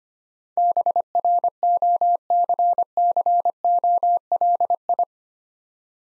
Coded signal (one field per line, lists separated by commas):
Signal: Morse code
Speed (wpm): 25 wpm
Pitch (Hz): 700 Hz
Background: none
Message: BROCCOLI